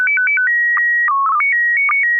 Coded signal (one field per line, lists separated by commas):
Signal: SSTV (slow-scan television)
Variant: PD 120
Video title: N6NA SSTV Net - 08/21/2024